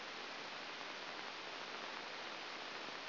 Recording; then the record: brain microelectrode recording played as sound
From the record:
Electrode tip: outside the subthalamic nucleus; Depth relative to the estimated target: -7 mm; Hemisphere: right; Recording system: AlphaMap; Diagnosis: Parkinson's disease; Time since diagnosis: 7 years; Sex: female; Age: 49 years